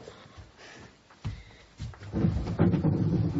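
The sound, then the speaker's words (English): Thunder rumbles low during a storm, starting with a few soft thuds and then swelling into a loud, rolling roar that carries on through the final second or so. “Hey, Storm. You out there?”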